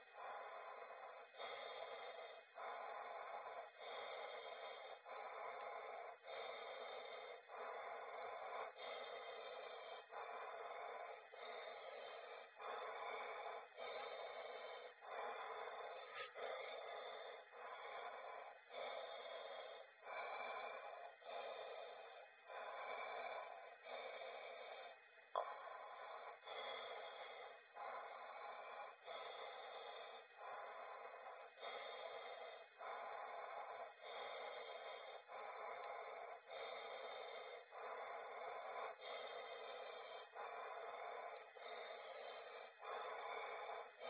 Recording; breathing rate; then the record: paced breathing near a phone; 24 breaths a minute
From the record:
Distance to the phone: 40 cm